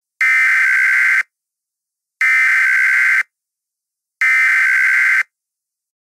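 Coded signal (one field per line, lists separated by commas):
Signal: Emergency Alert System (SAME) tones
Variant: header bursts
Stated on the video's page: Fictional EAS scenario about two hurricanes combining, not a real alert.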